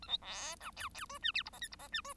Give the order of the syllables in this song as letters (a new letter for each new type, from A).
A B C D E E F G H I J K I J G F